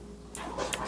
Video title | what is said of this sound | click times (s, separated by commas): Pelsee P12 Plus Dash cam unboxing what you get | Click. Okay, so now the SD card's installed. | 0.7 s